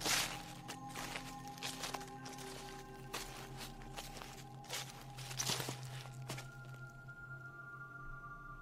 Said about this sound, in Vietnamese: Đang thiêu thiêu ngủ, tự dưng anh nghe có tiếng bước chân người cứ sột xà sột soạt ở bên ngoài cửa.